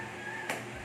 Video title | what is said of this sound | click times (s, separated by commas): How to build a gaming PC | Yan. May maririnig kayong click sound. | 0.5 s